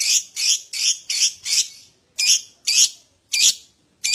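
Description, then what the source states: Lovebird giving loud, raspy high chirps in quick succession, a short gap, then several more spaced notes. Adult lovebird singing constantly (gacor) in the 'owor owor' style.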